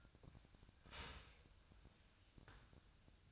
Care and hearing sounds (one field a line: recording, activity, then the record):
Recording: daily activity, microphone in the room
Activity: start toaster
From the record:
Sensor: 2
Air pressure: 1001.8 hPa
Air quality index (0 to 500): 246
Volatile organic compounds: 38 ppm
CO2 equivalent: 3107 ppm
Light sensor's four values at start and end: 9/30/12/11 and 9/30/12/11